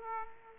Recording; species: mosquito wingbeat signal from an infrared sensor; Aedes aegypti